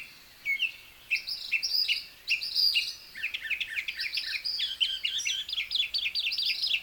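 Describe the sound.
Northern mockingbird singing a medley: scratchy notes, then a fast series of repeated sharp, rising chips in quick succession.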